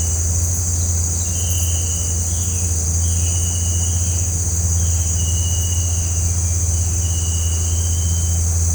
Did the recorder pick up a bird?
no